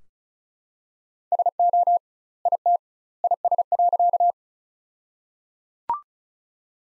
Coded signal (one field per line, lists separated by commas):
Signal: Morse code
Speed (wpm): 36 wpm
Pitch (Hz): 700 Hz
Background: none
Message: SO IT IS.